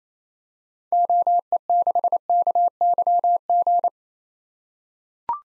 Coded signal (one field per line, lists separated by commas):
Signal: Morse code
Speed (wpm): 29 wpm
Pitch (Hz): 700 Hz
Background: none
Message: OE6KYG